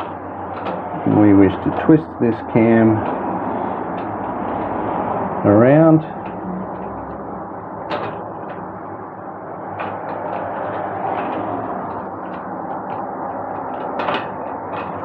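Someone talks while twisting the cam of a lock cylinder in a security door multipoint lock around by hand, with faint handling noises and brief scraping ticks underneath. The clip ends before the cam drops into position, and nothing has seated or clicked yet.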